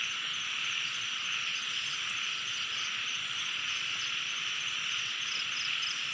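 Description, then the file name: Insect chorus at night, a continuous high-pitched wall of buzzing and trilling layers, with a few soft chirps standing out briefly. Night chorus at a jungle pond in Thailand. "thailand jungle night pond frogs insects"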